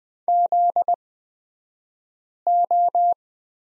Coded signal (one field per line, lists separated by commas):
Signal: Morse code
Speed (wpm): 20 wpm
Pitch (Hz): 700 Hz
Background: none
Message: ZO